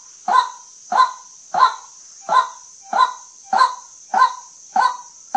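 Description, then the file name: White-breasted waterhen uttering hoarse croaks one after another at a regular pace, roughly every 0.6 seconds, against a constant high whining tone. Call used as a lure for hunting at night. "เสียงนกกวักเน้นยิงกลางคืน"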